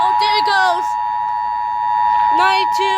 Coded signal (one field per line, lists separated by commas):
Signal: Emergency Alert System (SAME) tones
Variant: 853 and 960 Hz attention tone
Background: speech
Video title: EAS Alerts from 8/14/25 (EAS #194-203)